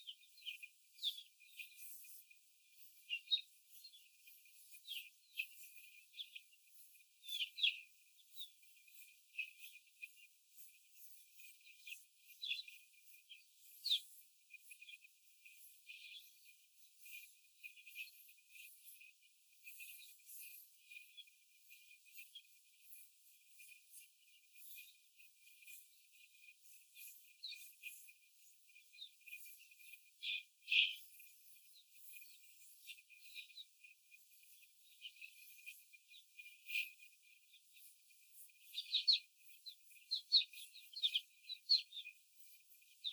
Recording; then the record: young laying hens in a cage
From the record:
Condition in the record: before the stressor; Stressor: simulated dog barking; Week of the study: 4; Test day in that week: 1